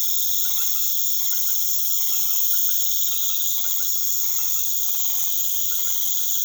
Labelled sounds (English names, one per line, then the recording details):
none
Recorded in pastures near Puerto Asís, Putumayo, Colombia, on 24 March 2025 at 20:00
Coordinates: 0.487, -76.322
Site G077